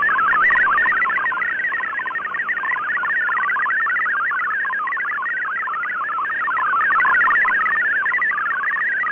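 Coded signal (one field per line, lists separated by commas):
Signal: multi-tone FSK (Olivia or MFSK type)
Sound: rapid warbling burble of tones jumping around quickly, steady and continuous throughout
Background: radio static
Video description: For a simple test, extract the audio track from this video and decode it using FLDIGI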